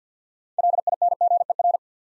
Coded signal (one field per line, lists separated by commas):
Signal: Morse code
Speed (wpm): 50 wpm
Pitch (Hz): 700 Hz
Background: none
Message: LINGER